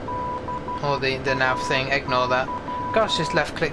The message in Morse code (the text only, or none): BAY